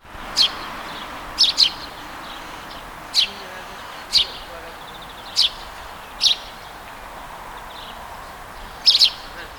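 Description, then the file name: House sparrow chirps, short sharp high notes given singly or in quick pairs, several throughout, over a steady low background hiss. "Passer domesticus"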